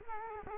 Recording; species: mosquito wingbeat signal from an infrared sensor; Culex quinquefasciatus